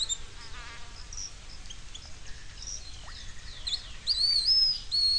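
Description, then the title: Bird song: a high, wavering whistled phrase at the end, with quieter chirps, a short trill and faint background hiss earlier. "LuckyPassaro Completos2Sama"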